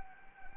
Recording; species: mosquito wingbeat signal from an infrared sensor; Anopheles gambiae